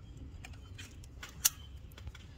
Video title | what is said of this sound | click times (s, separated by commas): Ram 1500 Hemi spark plug replacement 09-18 | make that nice click like i just did and then push that down to lock it all | 1.5 s